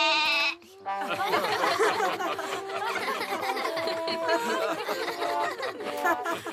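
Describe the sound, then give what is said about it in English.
A goat lets out a loud, wavering bleat, then after a brief pause a dense, continuous run of shaky, nasal bleating calls carries on without a break. “The goat's gotten confused. I have to get it off the stage.”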